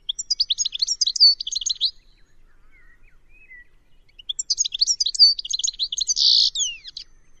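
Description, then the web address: Bird song in two bursts of fast, high chattering notes, the second ending in a buzzy rasp and a falling slur, with a faint soft whistle between them. "cianscape birddata Deverinetal 2025 Bird Only Ca Ca Ca Ca"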